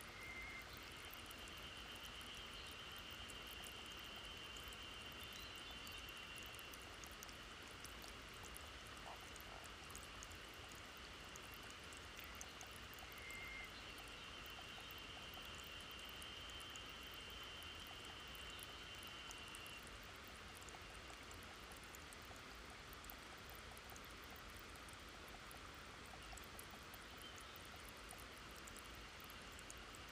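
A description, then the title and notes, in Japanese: Water seeps and trickles from rock in a green forest, a steady, dense wash that holds level for the whole half minute. A thin, high insect-like tone runs from near the start until about twenty seconds, with faint bird chirps scattered above the water. 水の癒し・滲みでる水＆新緑の森。新緑溢れる西沢渓谷へ。渓谷から登った先に、岩から滲みでる水、そして鳥や虫の奏でる音に癒されます。山梨県山梨市西沢渓谷。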